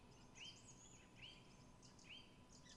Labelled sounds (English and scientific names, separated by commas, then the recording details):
Song Thrush (Turdus philomelos)
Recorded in Germany
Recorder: ecoPi